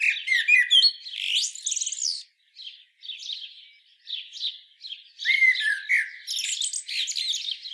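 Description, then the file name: Common blackbird giving loud squeaky twitters that soften into a run of short, scratchy notes, then a renewed burst of high chattering phrases. "Turdus merula"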